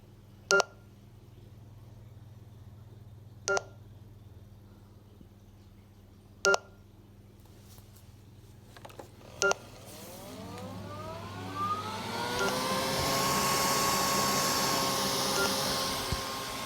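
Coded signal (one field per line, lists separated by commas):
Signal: beep code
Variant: Neato Botvac D3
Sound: four short electronic beeps evenly spaced three seconds apart, then a whirring motor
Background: motor whir, room hum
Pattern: 4 short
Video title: Neato Botbac D3 beeping sound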